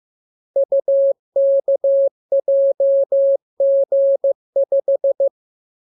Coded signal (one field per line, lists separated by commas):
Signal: Morse code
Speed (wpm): 15 wpm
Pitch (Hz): 550 Hz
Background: none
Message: UKJG5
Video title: Learning Morse Code. Lesson 30. Letter KMURESNAPTLWI.JZ=FOY,VG5/Q92H38